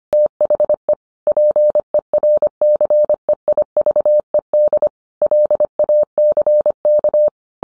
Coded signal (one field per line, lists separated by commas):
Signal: Morse code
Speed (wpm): 25 wpm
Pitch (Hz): 600 Hz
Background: none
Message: THE PERCEIVED LACK